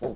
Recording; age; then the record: pig call; piglet (1 to 25 days)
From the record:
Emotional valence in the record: negative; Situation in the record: long isolation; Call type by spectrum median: low-frequency call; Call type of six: low-frequency stable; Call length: 0.16 s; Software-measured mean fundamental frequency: 54 Hz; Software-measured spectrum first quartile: 313 Hz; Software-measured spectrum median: 447 Hz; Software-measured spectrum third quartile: 632 Hz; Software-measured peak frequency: 384 Hz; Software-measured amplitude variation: 102 dB a second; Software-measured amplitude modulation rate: 9.3 a second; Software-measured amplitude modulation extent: 11.0 dB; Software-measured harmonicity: -0.4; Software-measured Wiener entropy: -0.32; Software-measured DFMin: 665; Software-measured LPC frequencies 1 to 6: 466, 1665, 2407, 3466, 4067, 5454 Hz